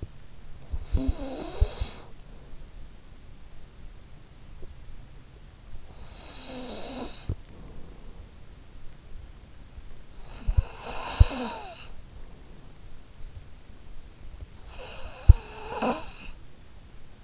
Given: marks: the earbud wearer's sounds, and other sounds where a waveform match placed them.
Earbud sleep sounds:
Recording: sounds in sleep by an in-ear microphone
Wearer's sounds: snoring breath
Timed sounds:
0.00-2.85 s: snoring breath
5.77-8.22 s: snoring breath
9.99-12.45 s: snoring breath
14.28-17.02 s: snoring breath

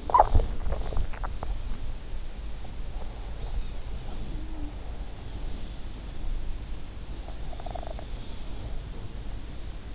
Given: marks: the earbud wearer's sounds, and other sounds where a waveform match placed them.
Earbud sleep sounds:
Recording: sounds in sleep by an in-ear microphone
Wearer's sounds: swallowing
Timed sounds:
0.00-1.69 s: swallowing
2.64-5.32 s: sound from someone else or the room
7.12-8.08 s: sound from someone else or the room

